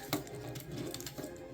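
White plastic fold-out panels on a transforming toy robot figure are handled and folded forward, producing a sharp plastic tap at 0.1 s and a quick cluster of small clicks and rattles around 0.9 to 1.1 s over low handling noise. Nothing has seated or clicked into place yet.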